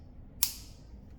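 An ultrasound probe connector, with its key lined up in the groove, is plugged into the socket of a Sonoscanner U-Lite Pro/T-Lite scanner. A single sharp, bright click sounds at 0.4 s over a low, quiet background hum, followed by only a very faint tick near 1.2 s. The connector seats with that click at 0.4 s and is confirmed connected.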